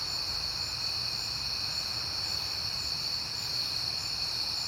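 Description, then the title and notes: Crickets chirp in a continuous high chorus over a faint low rumble. Crickets chirping at night in September, on a peaceful night. "Night Time: Crickets and Passing Cars. It is September and I have been hearing the crickets a lot, but finally had a peaceful night to make the recording"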